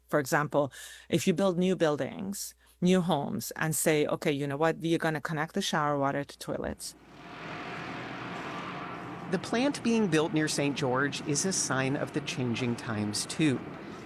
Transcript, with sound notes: For example, if you build new buildings, new homes, and say, OK - you know what? - you're going to connect the shower water to toilets.
(SOUNDBITE OF CONSTRUCTION EQUIPMENT RUNNING)
The plant being built near St. George is a sign of the changing times, too.